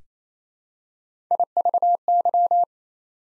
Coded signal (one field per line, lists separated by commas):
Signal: Morse code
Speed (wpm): 28 wpm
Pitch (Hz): 700 Hz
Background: none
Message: IVY